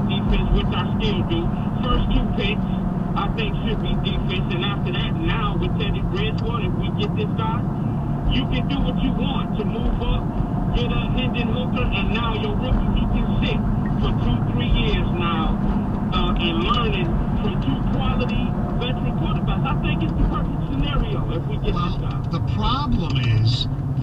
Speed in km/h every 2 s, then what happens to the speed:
63, 60, 58, 61, 63, 66, 68, 68, 68, 56, 47, 45.
4-11 speeds up to 68. 15-24 slows to 45.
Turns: none.